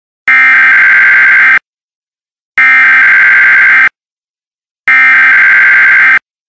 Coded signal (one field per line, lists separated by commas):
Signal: Emergency Alert System (SAME) tones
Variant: header bursts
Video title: EAS Poop Best Buy